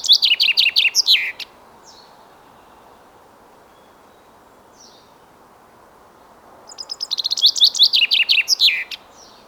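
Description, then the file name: Common chaffinch song, two bright descending phrases, each ending in a short flourish, several seconds apart, with faint high chips between them. "Fringilla coelebs"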